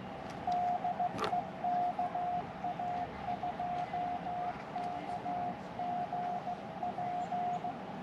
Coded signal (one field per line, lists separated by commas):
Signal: Morse code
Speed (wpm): 15 wpm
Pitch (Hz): 720 Hz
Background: none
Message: DE KA2KGP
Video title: Best Portable Ham Radios for Camping and POTA